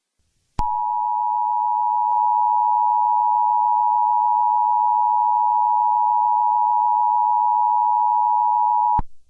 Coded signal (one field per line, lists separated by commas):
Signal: Emergency Alert System (SAME) tones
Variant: 853 and 960 Hz attention tone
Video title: EAS MOCK 17 AMBER ALERT FOR MISSISSIPPI